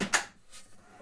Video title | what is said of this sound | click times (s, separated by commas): Fisher's Shop - Shop Tour 2019 | unlatch the window sash lock on the side | 0.1 s